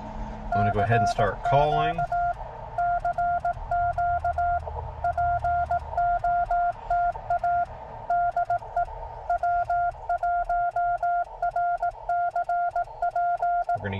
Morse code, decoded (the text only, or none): CQ CQ POTA DE W1RCP